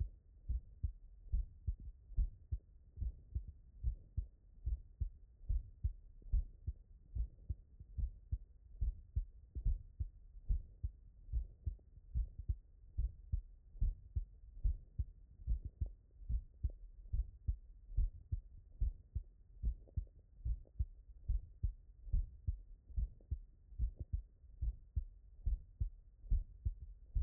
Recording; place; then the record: heart sounds by stethoscope; tricuspid valve (TV)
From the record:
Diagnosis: non-HFrEF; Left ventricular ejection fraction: 71%